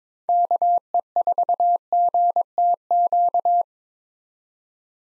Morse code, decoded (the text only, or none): KE4GTQ